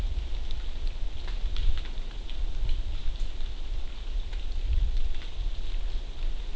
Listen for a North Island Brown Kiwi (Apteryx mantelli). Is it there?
no